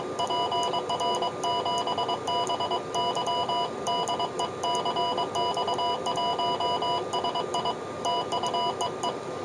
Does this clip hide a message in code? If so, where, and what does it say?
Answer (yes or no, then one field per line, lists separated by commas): yes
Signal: Morse code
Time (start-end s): 0.2-9.1 s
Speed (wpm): 22 wpm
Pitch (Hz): 980 Hz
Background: none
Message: PR7BY DE CX1SI TU EE